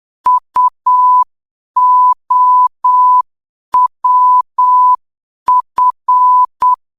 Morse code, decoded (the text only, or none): UOWF